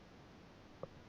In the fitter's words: தூக்கி வச்சு ஒரு அமுக்கணும்னா உள்ள லாக் ஆயிரும்